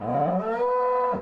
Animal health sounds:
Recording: contact call of a hoofed animal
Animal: cattle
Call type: low-frequency (closed-mouth) or high-frequency (open-mouth) call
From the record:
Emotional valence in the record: negative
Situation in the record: full separation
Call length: 1.22 s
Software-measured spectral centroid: 880 Hz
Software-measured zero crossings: 1290 a second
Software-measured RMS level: -24 dBFS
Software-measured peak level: -13 dBFS

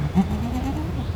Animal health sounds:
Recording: contact call of a hoofed animal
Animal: goat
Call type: low-frequency (closed-mouth) or high-frequency (open-mouth) call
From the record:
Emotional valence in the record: negative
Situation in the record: short social isolation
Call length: 1.16 s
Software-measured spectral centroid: 1870 Hz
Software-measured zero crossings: 860 a second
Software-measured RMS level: -24 dBFS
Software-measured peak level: -8 dBFS

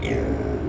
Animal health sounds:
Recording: contact call of a hoofed animal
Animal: pig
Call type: closed-mouth grunt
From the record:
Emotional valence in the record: negative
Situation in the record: short social isolation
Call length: 0.69 s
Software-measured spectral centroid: 1400 Hz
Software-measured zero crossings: 870 a second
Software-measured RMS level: -24 dBFS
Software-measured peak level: -11 dBFS

